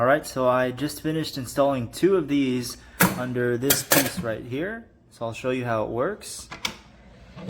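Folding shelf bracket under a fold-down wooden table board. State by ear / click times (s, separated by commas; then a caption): seated / 6.6 s. A heavy-duty folding shelf bracket, one of two mounted under a fold-down wooden table board, is swung open while someone talks. It snaps into its locked position with a single sharp metal click at 6.7 s, locking the bracket in place.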